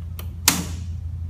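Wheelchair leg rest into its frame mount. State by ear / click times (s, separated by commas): seated / 0.5 s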